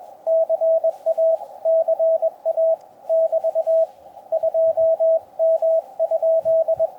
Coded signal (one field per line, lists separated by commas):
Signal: Morse code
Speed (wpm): 24 wpm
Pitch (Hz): 660 Hz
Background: radio noise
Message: CA CA <BT> 2M?